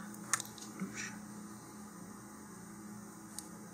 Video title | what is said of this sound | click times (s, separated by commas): Estes “Astrocam” model rocket kit assembly | and it will snap into place so now i have to unsnap it here | 0.3 s